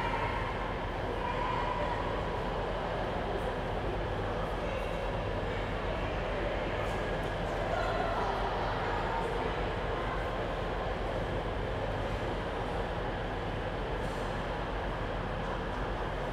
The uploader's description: recorded at Newcastle's Central Station